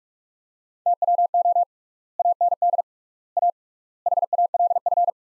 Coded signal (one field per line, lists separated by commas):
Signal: Morse code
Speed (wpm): 46 wpm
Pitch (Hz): 700 Hz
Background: none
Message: TWO AND A HALF